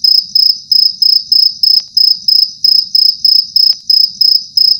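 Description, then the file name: Cricket chirping in steady high-pitched trilled pulses, about three bursts every second, evenly repeated. "Grillo"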